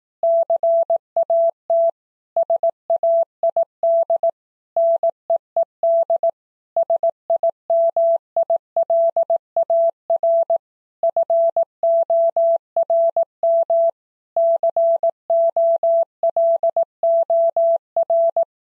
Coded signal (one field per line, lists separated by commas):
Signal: Morse code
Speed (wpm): 18 wpm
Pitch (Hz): 670 Hz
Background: none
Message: CAT SAID NEED SIMILAR FORM COLOR